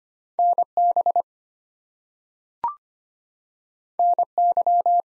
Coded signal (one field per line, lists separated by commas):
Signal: Morse code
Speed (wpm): 25 wpm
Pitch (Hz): 700 Hz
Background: none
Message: NB NY